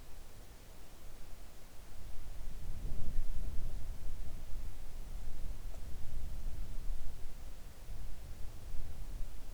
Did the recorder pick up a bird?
no